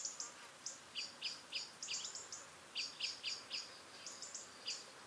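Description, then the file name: European robin giving thin, high squeaky notes, some paired, with lower downslurred strokes mixed in, delivered in quick irregular bursts over a faint hiss. "Erithacus rubecula"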